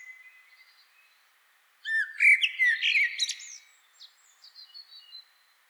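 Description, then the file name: Common blackbird: a few faint notes, then a short loud phrase of warbled notes rising into sharp high chirps and squeaky twitters, followed by quieter high twittering. "Turdus merula"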